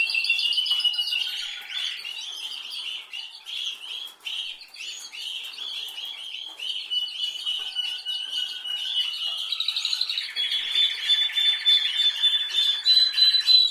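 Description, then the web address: Canary in full song, steady high rolling trills shifting through phrases, then a lower trill and a long thin whistle near the end. "Golchin Best Canari Seda Canari. Niyaz Music)"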